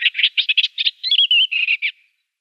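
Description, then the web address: Eastern olivaceous warbler giving a short scratchy song phrase: quick harsh notes, a brief wavering whistle in the middle, then a few more notes. "Schulze Peter Eastern Olivaceous Warbler"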